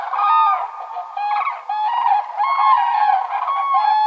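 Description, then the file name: Common crane bugling, overlapping rolling trumpet notes from several birds. Finland, spring migration; breeding pairs arriving among the first migrants. "kurki hannes tiira"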